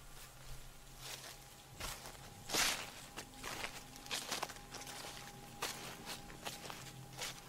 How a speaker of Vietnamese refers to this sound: Chợt anh thấy ngoài cánh cửa gỗ, tự dưng có tiếng bước chân người bước qua bước lại.